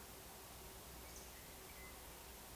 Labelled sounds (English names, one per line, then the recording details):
Eurasian Woodcock
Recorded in Baden-Württemberg, Germany, on 27 June 2020 at 02:27 UTC
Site 43791, 788 m above sea level